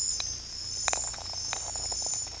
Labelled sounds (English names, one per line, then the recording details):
none
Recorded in secondary vegetation near Puerto Asís, Putumayo, Colombia, on 16 December 2024 at 02:00
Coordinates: 0.499, -76.323
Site G010